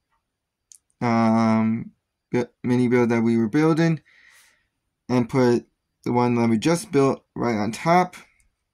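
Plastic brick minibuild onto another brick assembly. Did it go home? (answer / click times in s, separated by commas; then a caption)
no / none. Someone talks while bringing a just-built plastic brick minibuild over to place it right on top of an earlier minibuild. A few faint ticks of handling occur near 0.7 s, 0.9 s and 8.4 s, but nothing has seated or clicked into place yet.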